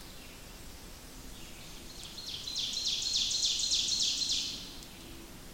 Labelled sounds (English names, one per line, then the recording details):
Ovenbird song
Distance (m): 55 m
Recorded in boreal forest in Alberta, Canada, on 28 May 2016 at 06:17
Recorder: SongMeter 3, array SBT-3-49
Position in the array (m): 77 m, 237 m
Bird 14